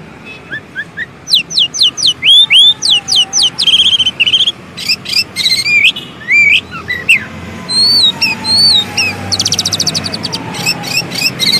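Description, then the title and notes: Oriental magpie-robin song: quick series of slurred whistles and chips, buzzy rattles, and twisting notes over a continuous low rumble. Long-duration filler (isian) song to make magpie-robins (kacer) sing actively (gacor) day and night. "Kacer Jadi Gacor Siang Malam. Isian Kacer Durasi Panjang"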